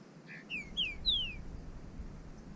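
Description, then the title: Bird call: a short run of clear whistled notes, mostly sliding downward, growing louder toward the end, over a faint low rumble. "burung"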